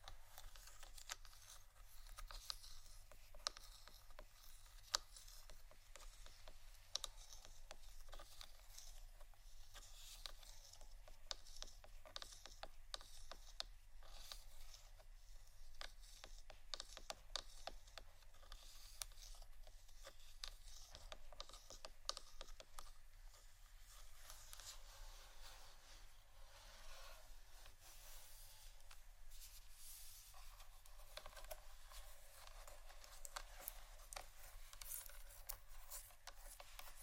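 Tapping and scratching on plastic bottles, a dense run of small clicks and scrapes that continues for the whole clip with no real pauses. The taps come quickly and unevenly, crisp and bright, with a low steady hum underneath throughout.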